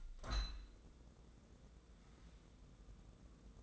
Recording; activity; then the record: daily activity, microphone in the room; open window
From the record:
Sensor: 3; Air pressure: 1012.2 hPa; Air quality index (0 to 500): 139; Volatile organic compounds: 2 ppm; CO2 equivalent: 1078 ppm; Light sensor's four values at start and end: 283/690/287/282 and 278/679/283/279